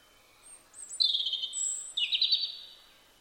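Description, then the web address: European robin song: two high, sweet phrases, each opening with a thin whistle and dropping into a quick silvery trill, over soft background hiss. "Deverinetal 2025 File origin Bird Only Er Ru"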